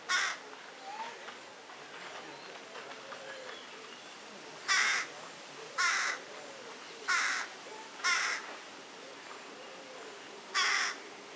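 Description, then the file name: Carrion crow giving harsh, broad caws: one early call, then a quiet stretch with faint sounds, followed by five loud caws spaced about one to two and a half seconds apart. "Corvus corone"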